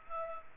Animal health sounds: mosquito wingbeat signal from an infrared sensor; Aedes albopictus

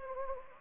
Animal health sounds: mosquito wingbeat signal from an infrared sensor; Anopheles gambiae

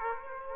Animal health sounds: mosquito wingbeat signal from an infrared sensor; Aedes aegypti

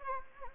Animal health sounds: mosquito wingbeat signal from an infrared sensor; Anopheles arabiensis

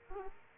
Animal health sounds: mosquito wingbeat signal from an infrared sensor; Aedes aegypti

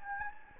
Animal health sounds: mosquito wingbeat signal from an infrared sensor; Anopheles gambiae

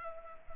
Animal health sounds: mosquito wingbeat signal from an infrared sensor; Culex pipiens

